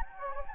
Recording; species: mosquito wingbeat signal from an infrared sensor; Anopheles gambiae